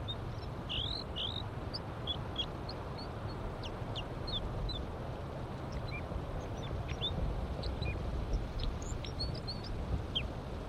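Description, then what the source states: Crossbill song of scattered short chirps and upswept notes, some doubled, irregular throughout, over a steady low rumble. Singing while the observer waits at the nest for wild crossbills.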